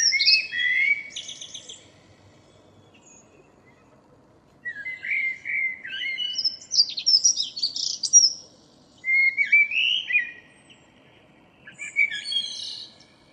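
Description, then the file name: Common blackbird singing: fluty warbles ending in high scratchy flourishes, in four phrases separated by pauses. "Turdus merula"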